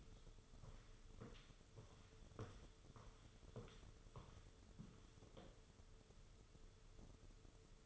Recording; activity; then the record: daily activity, microphone in the room; walk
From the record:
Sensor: 4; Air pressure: 995.2 hPa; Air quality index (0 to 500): 207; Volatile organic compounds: 193 ppm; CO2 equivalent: 4188 ppm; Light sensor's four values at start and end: 12/31/12/13 and 12/30/11/13